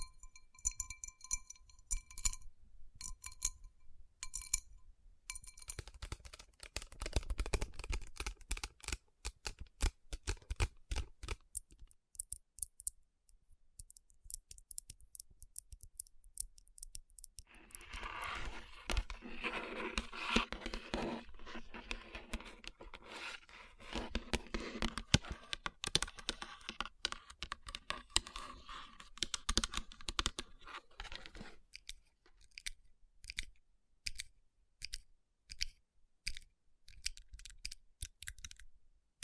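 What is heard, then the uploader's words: Crisp tapping and scratchy rubbing on rhinestone-covered palms, shifting between quick clicky taps and dense bursts of friction. ASMR Tapping & Rubbing Rhinestone Covered Palms.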